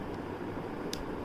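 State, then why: Seated. A locking cap or pump on a skincare product container is twisted or pushed into its locked position over a steady background hiss. A single sharp click sounds at 0.9 s, and the container is locked shut.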